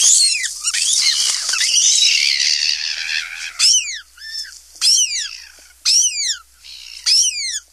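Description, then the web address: Ivory gull uttering a harsh, noisy burst of overlapping screechy calls, then single shrill downslurred cries repeated about once a second. "Songs of Birds of North America. Ivory Gull"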